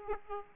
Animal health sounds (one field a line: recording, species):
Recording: mosquito wingbeat signal from an infrared sensor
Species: Aedes aegypti